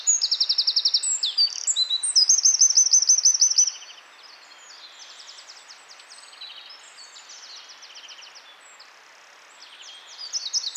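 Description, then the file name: Eurasian wren song opening with high rattling trills and rapid chattering notes for under four seconds, then a quieter stretch before the song grows louder again at the end. "Troglodytes troglodytes"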